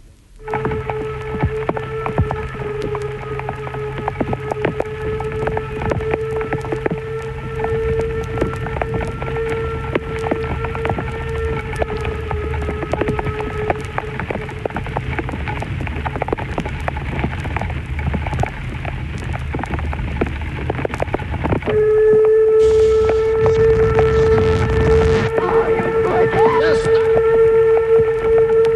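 Heavy rain hisses steadily while narrow-gauge steam locomotive 99 7238 of the Harz-Querbahn hauls a passenger train between Elend and Sorge stations in the Harz, Germany, a sustained harmonic whistle-like tone droning throughout before the engine noise swells louder and brighter toward the end.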